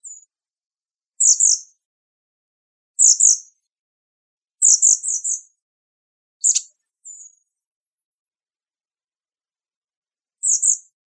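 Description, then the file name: Bird calls: very high, short ticking notes in clusters of two to four, separated by quiet gaps. Mechanical calls. "CR MECH CALLS"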